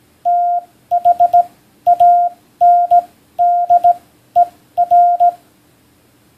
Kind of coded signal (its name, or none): Morse code